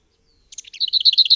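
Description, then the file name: Lesser whitethroat song opening with a short, soft scratchy warble, then breaking into a rapid, level, rattling trill. "Piegza"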